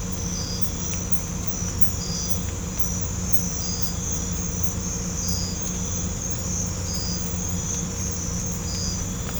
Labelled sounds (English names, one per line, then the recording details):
none
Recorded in pastures near Puerto Asís, Putumayo, Colombia, on 18 December 2024 at 01:30
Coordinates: 0.505, -76.324
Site G063